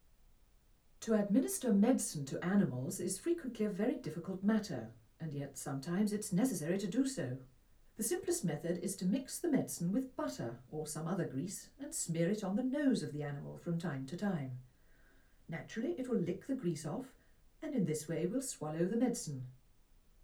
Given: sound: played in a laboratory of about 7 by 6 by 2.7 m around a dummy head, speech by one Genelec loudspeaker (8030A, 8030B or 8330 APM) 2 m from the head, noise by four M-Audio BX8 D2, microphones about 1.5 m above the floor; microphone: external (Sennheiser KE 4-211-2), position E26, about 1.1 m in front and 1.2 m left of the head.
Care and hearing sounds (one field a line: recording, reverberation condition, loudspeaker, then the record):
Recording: female speech in English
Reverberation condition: low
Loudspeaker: 150 degrees to the right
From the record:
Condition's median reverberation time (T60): about 310 ms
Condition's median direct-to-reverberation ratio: about 3.5 dB